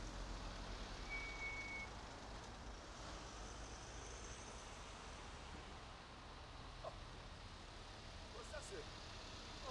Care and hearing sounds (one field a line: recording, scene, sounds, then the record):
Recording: everyday scene through a hearing-aid microphone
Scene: in traffic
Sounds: traffic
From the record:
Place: main road on the outskirts, rush hour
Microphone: in the ear canal, right